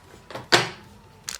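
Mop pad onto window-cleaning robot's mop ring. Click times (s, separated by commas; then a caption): 0.5 s. A cloth mop pad on its mount is pressed onto the spring-loaded ring of a Hutt C7 window-cleaning robot, a standard fastening that holds once it clicks. A soft handling rustle at 0.3 s leads into a sharp, loud click at 0.5 s that rings out briefly, followed by two faint ticks near 1.3 s. The pad seats on the ring.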